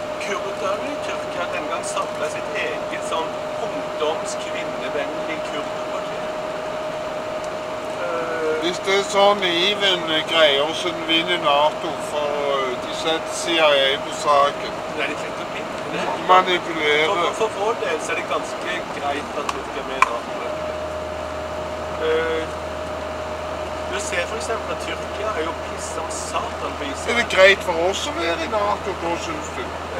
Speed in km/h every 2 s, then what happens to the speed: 70, 70, 71, 71, 72, 72, 71, 72, 72, 72, 70, 71, 71, 72, 72.
0-30 steady at about 71.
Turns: none.